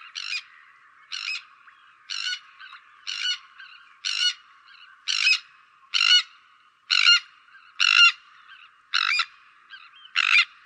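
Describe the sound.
Bird uttering a long series of harsh, grating calls roughly every second, with fainter softer calls audible in the gaps.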